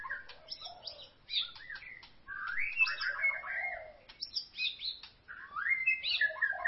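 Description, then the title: White-rumped shama song: varied melodious whistles, rising and falling slurs mixed with short sharp notes, delivered in bursts with brief gaps. "Kicau Murai Batu"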